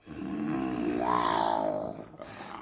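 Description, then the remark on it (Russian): A lioness, come running at sunset by a forest, lets out one long, loud roar, rising in pitch and swelling before trailing off into a rough, breathy fade after about two seconds. “Солнышко село за лес, прибежала львица.”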